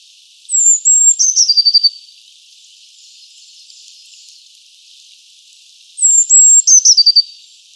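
Eurasian blue tit singing a high, thin two-note introduction that runs into a rapid, descending trill; the same phrase comes twice, roughly five and a half seconds apart.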